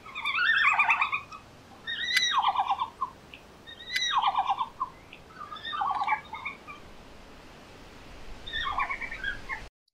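Red panda calls: bursts of squeaky, twittering chirps with rapid harmonic notes, repeated roughly every two seconds, with a longer gap before the last burst, then an abrupt cut at the end.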